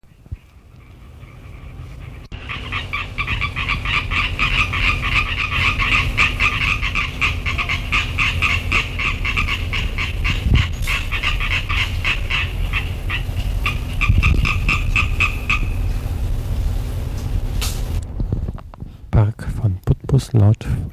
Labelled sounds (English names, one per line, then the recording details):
Common Tree Frog call
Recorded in the wild
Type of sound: call
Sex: male
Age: adult
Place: Putbus, Insel Rügen, Mecklenburg-Vorpommern, DE
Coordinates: 54.3508, 13.4722
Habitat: park
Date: 1964-09-15 18:40
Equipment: Magnetophon 300, Transistorverstärker, Sennheiser MD 421, Kopie Smaragd
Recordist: Tembrock, Günter
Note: Park von Putbus-Nord